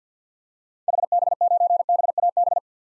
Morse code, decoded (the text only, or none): HB9BAB